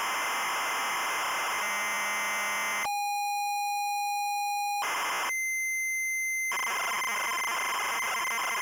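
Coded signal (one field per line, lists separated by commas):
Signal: ZX Spectrum tape loading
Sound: harsh screeching data, a steady buzzing lead tone, a short burst, a pause, then screeching data again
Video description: Loading and short gameplay introduce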